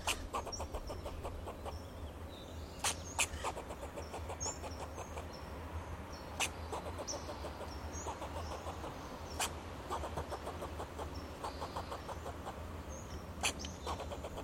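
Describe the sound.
Fox squirrel repeating quick runs of harsh clucking notes with occasional louder barks, high bird twitters scattered above and a continuous low drone underneath.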